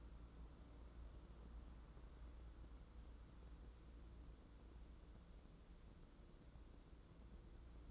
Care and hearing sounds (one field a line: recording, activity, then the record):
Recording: daily activity, microphone in the room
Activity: wipe stove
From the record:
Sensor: 3